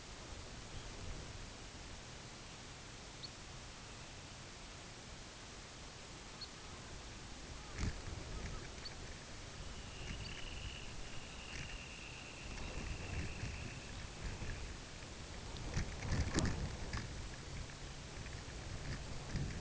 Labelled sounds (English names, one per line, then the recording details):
Red Phalarope
Dunlin
unidentified sound
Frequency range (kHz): Red Phalarope 2.6-5.3 kHz; Dunlin 1.1-3.9 kHz
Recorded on Arctic tundra, site UTQI-5, on 16 June 2019
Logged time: 12:00